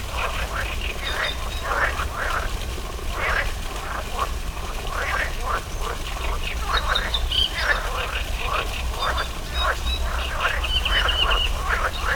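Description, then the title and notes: Frog chorus of rasping croaks, with a few short high chirps and a trill, over a constant low rumble. Frogs in a small pond at the Orto Botanico botanical garden, Bologna, Italy, 5 July 2018; frogs there croak on spring mornings; made for the Zona U sound mapping project. "05.07.18 Rane allOrto Botanico. There is also a small pond populated with frogs croaking on spring mornings. Recorded for the Zona U sound mapping project"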